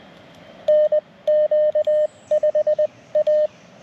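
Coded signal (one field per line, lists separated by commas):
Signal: Morse code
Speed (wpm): 20 wpm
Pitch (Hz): 610 Hz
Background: none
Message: NQ5A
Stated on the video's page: Morse park activation (POTA) made on a bicycle outing.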